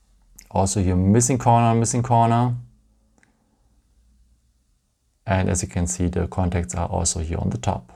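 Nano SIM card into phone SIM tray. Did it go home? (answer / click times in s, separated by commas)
yes / 0.4 s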